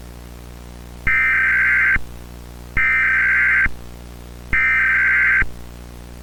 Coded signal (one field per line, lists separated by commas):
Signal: Emergency Alert System (SAME) tones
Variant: header bursts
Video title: (Mock) Incoming Space Junk EAS